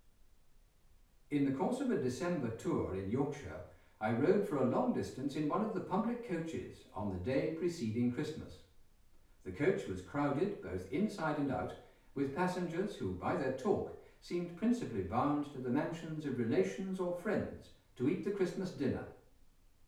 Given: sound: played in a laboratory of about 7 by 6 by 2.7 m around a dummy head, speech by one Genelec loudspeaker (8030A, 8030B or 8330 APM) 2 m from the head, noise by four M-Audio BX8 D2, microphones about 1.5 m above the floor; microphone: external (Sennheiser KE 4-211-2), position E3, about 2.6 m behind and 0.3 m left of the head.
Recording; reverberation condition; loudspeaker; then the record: male speech in English; medium; 60 degrees to the right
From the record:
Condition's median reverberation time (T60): about 510 ms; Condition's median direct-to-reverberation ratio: about -0.5 dB